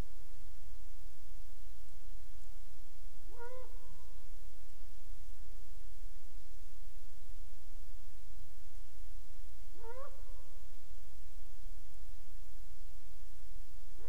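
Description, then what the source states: Owl calls: strong rising hoots with a drawn, level tail, repeated roughly every six seconds, with another hoot beginning at the very end. Recorded on 1 December 2020 in the evening, around 18:10; the identification as a barred owl is marked uncertain.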